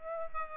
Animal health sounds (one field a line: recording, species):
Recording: mosquito wingbeat signal from an infrared sensor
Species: Aedes aegypti